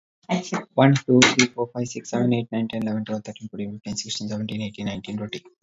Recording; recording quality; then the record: counting at a fast pace; excellent, no background noise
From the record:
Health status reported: recovered from COVID-19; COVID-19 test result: positive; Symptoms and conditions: muscle pain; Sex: male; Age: 42 years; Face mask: not worn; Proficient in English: yes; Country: India